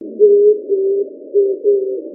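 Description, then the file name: Oriental Turtle Dove call: four steady low hooting coos in two pairs, the second pair after a short pause. Recorded on 19 March 2017. "kijibato 170319"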